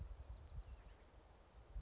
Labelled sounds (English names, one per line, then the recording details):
Brown Creeper
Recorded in Sonoma County, California